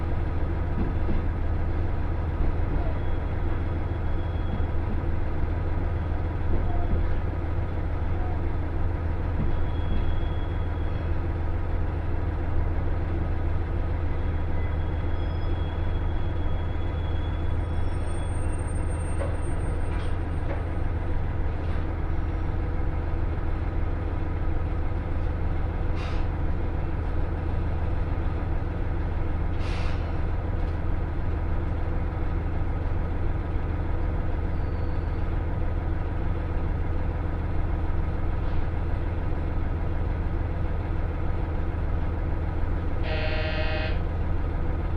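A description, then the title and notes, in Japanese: A local train on the Yamada Line runs between Kuzakai and Rikuchu-Kawai, its engine a steady, unchanging low drone throughout. Brief high whines and sharp clicks break in now and then, around the middle, and a short bright tonal burst comes near the end. 山田線普通 区界→陸中川井。ひたすら下り坂となり、駅間も長い区間が連続します。集落をみることのほうが珍しい区間を閉伊川に沿いながら走っていきます。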